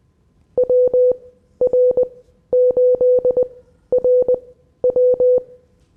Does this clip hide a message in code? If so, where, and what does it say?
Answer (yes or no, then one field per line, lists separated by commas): yes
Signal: Morse code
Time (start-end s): 0.6-5.4 s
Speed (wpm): 20 wpm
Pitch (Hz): 500 Hz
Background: none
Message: WR8RW